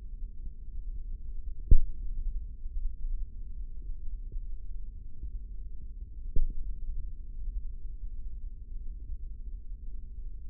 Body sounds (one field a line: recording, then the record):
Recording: forearm muscle sounds (acoustic myography)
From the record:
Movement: tripod grip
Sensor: system 3, bracelet of six PUI Audio POM-2738L microphones around the upper forearm, with dedicated amplification and filtering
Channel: 2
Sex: male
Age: 55 years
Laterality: right